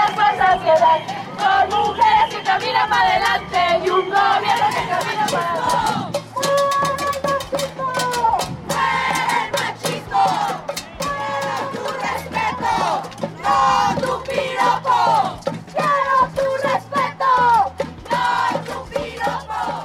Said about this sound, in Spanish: pasado domingo 24 de abril, cuando las mexicanas en casi todo el país marcharon por lo que se bautizó como Primavera Violeta, un movimiento convocado por docenas de colectivos feministas que por primera vez hicieron escuchar su voz de forma masiva.